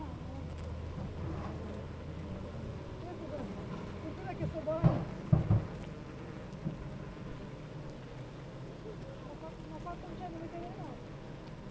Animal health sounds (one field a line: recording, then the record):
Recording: honeybee colony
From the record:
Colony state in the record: active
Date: 28 July 2017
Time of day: 8:40